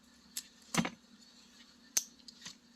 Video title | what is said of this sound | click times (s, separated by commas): LS1 Trunnion Upgraded Rockers Arms - how to install corvette c5 | You want to hear the click. So now the both snap rings are in place. | 2.0 s